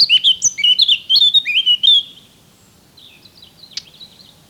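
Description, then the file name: Eurasian blackcap song: a run of fast, scratchy warbled notes swinging up and down for two seconds, then fading into a quiet, thin twitter with one sharp high note. "Sylvia atricapilla"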